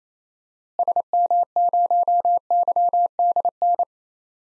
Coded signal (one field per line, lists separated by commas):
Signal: Morse code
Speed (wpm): 28 wpm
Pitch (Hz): 700 Hz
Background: none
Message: SM0YDN